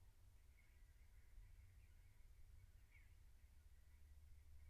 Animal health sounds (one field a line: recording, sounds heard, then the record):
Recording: poultry house recording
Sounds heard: no chicken sound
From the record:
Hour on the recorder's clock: 16